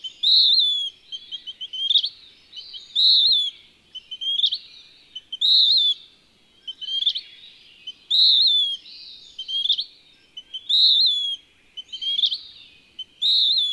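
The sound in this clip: Western wood-pewee repeating burry, falling whistles and quick upslurred notes in a regular rhythm, nothing else audible.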